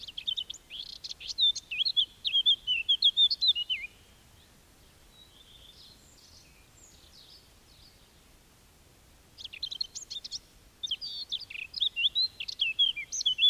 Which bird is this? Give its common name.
Eurasian Blackcap